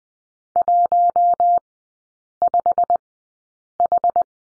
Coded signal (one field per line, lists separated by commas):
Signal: Morse code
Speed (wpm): 20 wpm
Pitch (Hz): 700 Hz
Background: none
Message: 15H